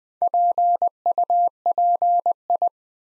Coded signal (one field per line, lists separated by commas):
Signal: Morse code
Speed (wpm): 20 wpm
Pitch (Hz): 700 Hz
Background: none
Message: PUPI